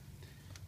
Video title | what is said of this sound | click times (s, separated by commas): 1990 to 1993 #Honda #Accord Speed Sensor Input Test | hope this is showing up you have to press on the back of that Tab and you kind of feel it click um | 0.6 s